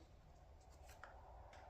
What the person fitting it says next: Okay, I heard a click that time,